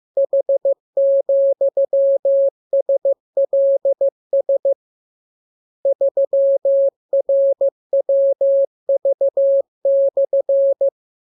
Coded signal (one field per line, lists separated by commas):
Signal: Morse code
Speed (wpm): 15 wpm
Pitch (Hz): 550 Hz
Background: none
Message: H,SLS 3RWV/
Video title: Learning Morse Code. Lesson 29. Letter KMURESNAPTLWI.JZ=FOY,VG5/Q92H3